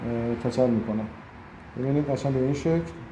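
A bearing shell for a Pride engine being rebuilt is handled at its seat in the engine block or cap, lined up so its hole matches the oil passage. Someone talks throughout, with no distinct click. Nothing has seated or clicked yet; the shell is not yet home.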